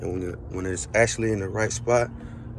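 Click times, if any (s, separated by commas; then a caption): none. The removable targa roof panel of a 2019 Chevrolet Corvette Stingray is being lowered into its storage mounts in the car's rear trunk, where its locating pins drop into place. Someone talks throughout. Nothing has seated or clicked yet.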